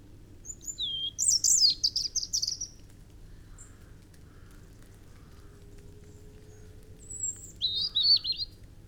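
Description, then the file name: European robin singing a rapid, high, sweet warbling phrase, a long pause, then a second shorter twittering phrase; faint low background hum throughout. "Erithacus rubecula"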